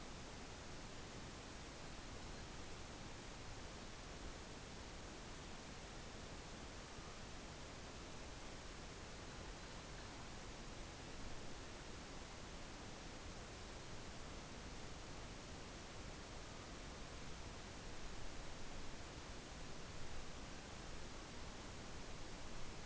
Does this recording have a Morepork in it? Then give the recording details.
no. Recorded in New Zealand on 12 November 2013. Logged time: 02:19. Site Ponui